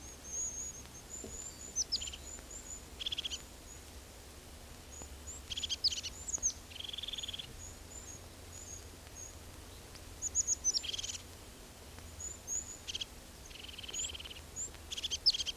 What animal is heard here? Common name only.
Eurasian Blue Tit